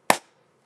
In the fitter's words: like you don't want to leave it like this you always want to make sure you hear that snap